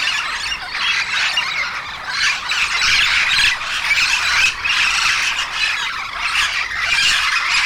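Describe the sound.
Yellow-shouldered parrots calling together, a dense wash of harsh screeches.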